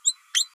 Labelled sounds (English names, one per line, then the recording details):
Green-rumped Parrotlet babbling
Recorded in a nest box in Venezuela
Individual 18B12A1